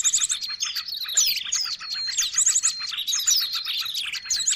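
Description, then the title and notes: Dense bird chatter: overlapping squeaky chirps, sliding whistles and brief high trills run continuously with no real gap. Noisy birds used as a lure for attracting birds. "Burung Ribut Pikat"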